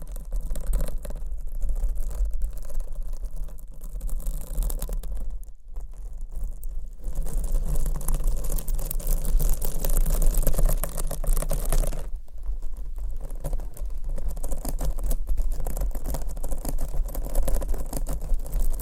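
Scratching and tapping on microphone covers with fingernails, a dense, rapid patter of crisp clicks and scrapes that runs almost without pause. The texture thins briefly near 5.5 seconds and again around 12 seconds, and a steady low hum sits underneath throughout.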